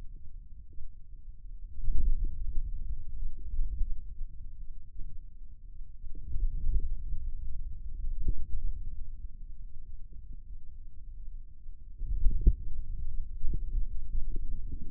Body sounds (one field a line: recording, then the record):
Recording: forearm muscle sounds (acoustic myography)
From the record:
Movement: hand closing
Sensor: system 2, bracelet of six BSWA MPA416 microphones around the upper forearm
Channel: 3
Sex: male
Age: 22 years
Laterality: right